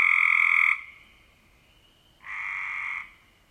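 Cope's gray treefrog trilling: a loud harsh trill ends, then a softer second trill follows about a second and a half later.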